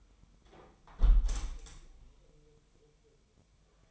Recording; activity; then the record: daily activity, microphone in the room; close window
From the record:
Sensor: 1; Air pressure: 1015.0 hPa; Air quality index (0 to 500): 26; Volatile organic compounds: 1 ppm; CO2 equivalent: 505 ppm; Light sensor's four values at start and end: 11/26/10/11 and 10/25/10/11